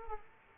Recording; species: mosquito wingbeat signal from an infrared sensor; Aedes aegypti